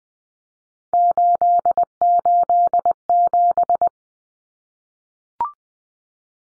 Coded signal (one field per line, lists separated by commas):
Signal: Morse code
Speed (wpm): 20 wpm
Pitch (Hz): 700 Hz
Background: none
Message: 887